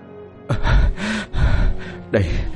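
A sharp, startled gasp followed by quick, heavy breaths in rapid succession, each breath loud and airy with a rough, panting edge, as a young man sits bolt upright from a dream and wipes sweat from his forehead.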